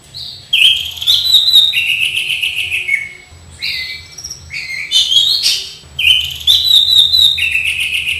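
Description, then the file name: Orange-headed Thrush delivering rich, varied whistled phrases that slide up and down, with brief scratchy notes between them. "anis cendana"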